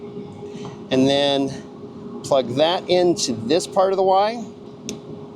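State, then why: Seated. Someone talks while a power lead plug is pushed into one branch of a Y-splitter harness in a Tesla, over a steady low hum. A single sharp tick at 4.9 s marks the connector clicking into place, and the plug is seated.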